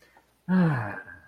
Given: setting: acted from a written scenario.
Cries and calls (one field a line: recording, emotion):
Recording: vocal sound without words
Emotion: relief